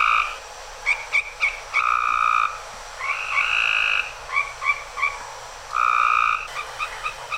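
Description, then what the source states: Frog giving squawky yelping calls, mixing short clipped notes with longer drawn-out squawks in an irregular series. Recorded outside a home within the city limits of Lufkin, Texas, at 7:30 p.m. on a Sunday night; squawking call resembling a wild turkey's yelp.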